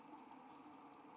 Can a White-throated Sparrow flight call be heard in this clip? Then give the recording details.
no. No flight call is heard. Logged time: 03:39 on 5 December 2014